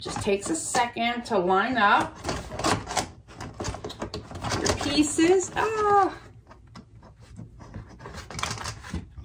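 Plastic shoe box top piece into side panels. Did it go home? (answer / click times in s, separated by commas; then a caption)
yes / 8.4 s. Someone talks while lining up the pieces of a YITAHOME shoe box, followed by quieter plastic handling and small knocks. The plastic top piece is pressed into the side panels with several snaps, and two quick sharp clicks at about 8.4 s and 8.4 s mark it seating in place.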